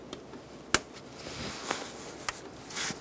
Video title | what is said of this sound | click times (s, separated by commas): How to Replace MAP Sensor 2010-2014 Subaru Outback 2.5L H4 | the connector push until you hear a click | 0.7 s